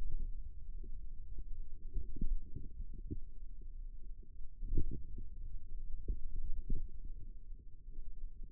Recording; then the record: forearm muscle sounds (acoustic myography)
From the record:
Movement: pen grasping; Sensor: system 2, bracelet of six BSWA MPA416 microphones around the upper forearm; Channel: 3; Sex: female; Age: 22 years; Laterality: right